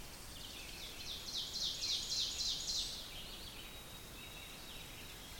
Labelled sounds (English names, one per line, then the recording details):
Ovenbird song
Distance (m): 60 m
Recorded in boreal forest in Alberta, Canada, on 5 June 2016 at 05:48
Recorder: SongMeter 3, array SBT-3-51
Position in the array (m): 271 m, 118 m
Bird 28